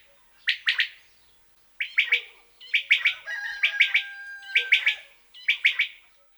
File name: Coturnix coturnix